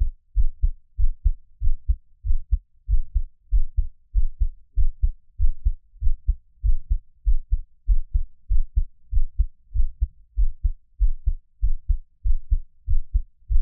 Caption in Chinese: 獻上我的心跳 | Give my Heartbeat。 每月的心跳聲記錄😊 Monthly heartbeat recording😊。 𝐌𝐲 𝐃𝐞𝐯𝐢𝐜𝐞 3𝐃𝐢𝐨 ⇢ 𝐑𝐨𝐨𝐦 𝐇6 ⇢ 𝐁𝐥𝐮𝐞 𝐘𝐞𝐭𝐢 ⇢ 𝐑𝐨𝐝𝐞 𝐍𝐓5 ⇢ 𝐌𝐢𝐧𝐢 𝐌𝐢𝐜 𝐁𝐄-𝐏1 ⇢ 𝐓𝐚𝐬𝐜𝐚𝐦 𝐃𝐑-40𝐗。